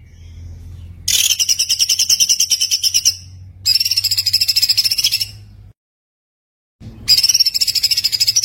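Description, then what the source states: White-eye singing fast, high, rattling trills in three bursts, separated by pauses. Gacor (continuous-singing) white-eye with full tembakan (rapid-fire) song, used as a masteran (tutor).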